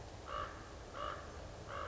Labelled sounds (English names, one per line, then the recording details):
Common Raven
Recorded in Sonoma County, California